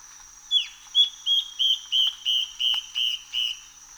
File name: Yellow browed antbird